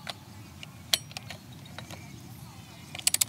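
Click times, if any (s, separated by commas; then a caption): 0.9 s. A torque wrench set to 80 Nm tightens the variator nut on a Vespa GTS 300 scooter fitted with a Tech Pulley variator. Against a low rumble and faint metallic rattles, the wrench gives a sharp click at 0.9 s as it reaches its setting. A quick burst of three bright metallic ticks follows near the end.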